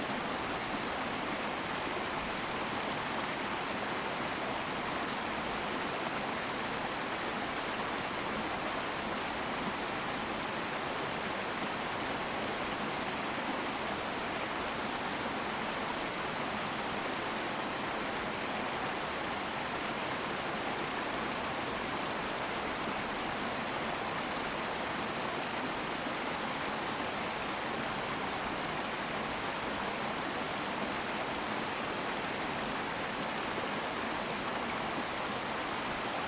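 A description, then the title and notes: A cascade of falling water roars steadily for the whole stretch, a dense, even rush with no breaks or distinct splashes. The sound fills the mids and highs with a bright hiss, while the low end stays comparatively light. Morning Cascade. I made a pit-stop to head into the forests after passing over the Cascades to record… some cascades.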